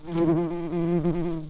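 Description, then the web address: Early bumblebee buzzing, a steady low hum rich in overtones that wavers slightly in pitch throughout, with no other sounds. Queens. "Pratorum queens"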